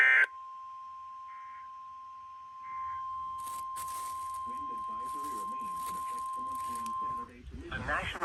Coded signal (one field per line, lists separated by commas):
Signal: Emergency Alert System (SAME) tones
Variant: 1050 Hz attention tone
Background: speech